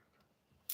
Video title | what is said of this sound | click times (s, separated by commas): Fast and Easy Quilted Placemats from Scraps/fabric you have lying around. Great for Kennel Quilts | lift that up and it clicks into place | 0.7 s